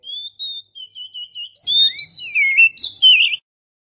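Oriental magpie-robin song: a series of steady thin whistles that breaks into loud, twisting, rich warbled phrases.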